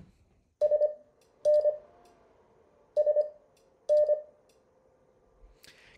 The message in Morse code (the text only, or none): SN SN